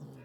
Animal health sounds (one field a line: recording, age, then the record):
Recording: pig call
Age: piglet (1 to 25 days)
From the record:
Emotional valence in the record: negative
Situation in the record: short isolation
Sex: female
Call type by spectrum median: low-frequency call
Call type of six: low-frequency stable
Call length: 0.25 s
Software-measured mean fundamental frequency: 68 Hz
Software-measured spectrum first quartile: 148 Hz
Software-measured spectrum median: 245 Hz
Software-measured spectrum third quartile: 608 Hz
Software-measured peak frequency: 141 Hz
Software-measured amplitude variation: 78 dB a second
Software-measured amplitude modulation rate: 27.9 a second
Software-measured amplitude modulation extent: 2.8 dB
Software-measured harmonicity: -1.5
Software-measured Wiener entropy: -0.01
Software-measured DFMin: 970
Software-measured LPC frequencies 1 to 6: 1519, 2520, 3431, 4601, 5647, 6803 Hz